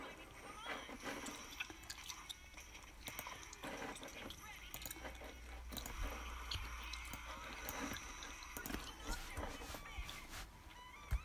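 Wet slurping and chewing with crunchy clicks and scraping go on throughout, over a low steady hum and faint voices in the background.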